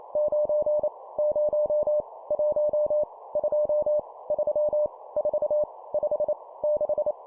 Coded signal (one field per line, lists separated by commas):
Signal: Morse code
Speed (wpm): 28 wpm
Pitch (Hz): 600 Hz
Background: none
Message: 9 0 1 2 3 4 5 6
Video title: 25wpm Numbers, cw morse code practice